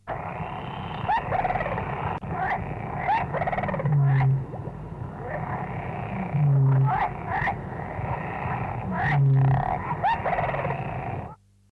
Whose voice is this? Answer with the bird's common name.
Little Crake